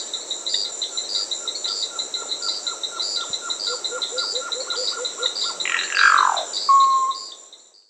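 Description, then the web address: Solitary cacique calls: a string of short ticking notes, then a loud harsh downslurred note and a clear level whistle, amid constant chirping insects. Peru, Amazon. "Birds of the Amazon 3. Solitary Cacique (Cacicus solitarius), Peru"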